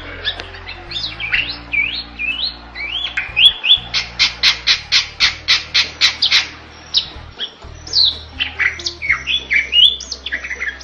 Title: Masteran Jalak Bali Yang BERSUARA UNIK Untuk Gacoran Juara